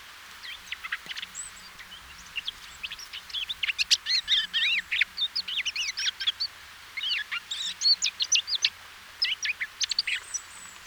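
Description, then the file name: Eurasian blackcap warble, softer at first, then a busy scratchy chatter of quick notes with short breaks, over a faint low background hum. "Sylvia atricapilla"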